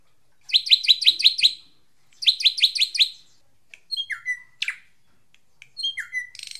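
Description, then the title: Drongo song: two quick bursts of five or six harsh, buzzy chattering notes, followed by scattered twangy, metallic whistles and sharp squeaky calls. "Suara Srigunting Di Download Dari Hobiburung"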